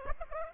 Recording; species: mosquito wingbeat signal from an infrared sensor; Aedes aegypti